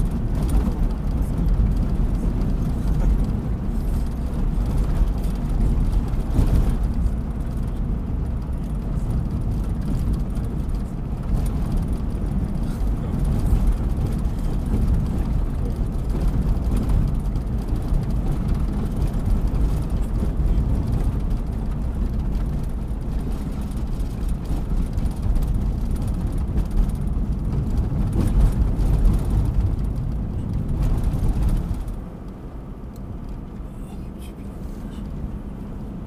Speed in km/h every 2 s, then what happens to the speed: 57, 58, 58, 57, 56, 56, 55, 56, 57, 54, 55, 53, 50, 49, 49, 48, 49, 50.
0-21 steady at about 56. 21-30 slows to 48. 30-36 steady at about 49.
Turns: none.